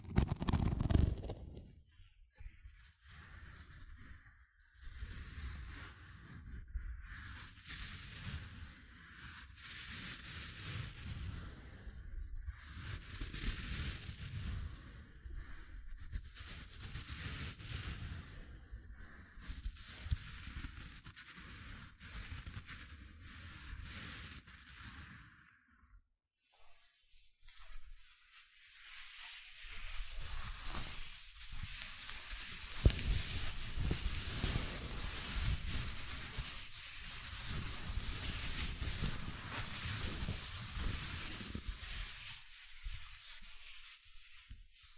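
Gentle scratching continues in soft, dense bursts with a hissy, bright edge, pausing briefly around 26 seconds before resuming slightly louder.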